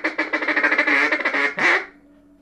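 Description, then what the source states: Mallard giving a fast stream of harsh, nasal quacks that run together, ending with one louder call before fading to quiet. Mallard calls given while feeding.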